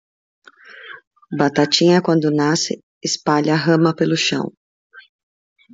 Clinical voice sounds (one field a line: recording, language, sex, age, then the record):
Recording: short text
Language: Brazilian Portuguese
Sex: female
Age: 30 to 39 years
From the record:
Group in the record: control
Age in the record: 39 years